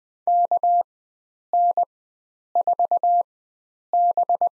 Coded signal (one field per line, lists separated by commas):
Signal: Morse code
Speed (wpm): 20 wpm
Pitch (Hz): 700 Hz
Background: none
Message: KN4B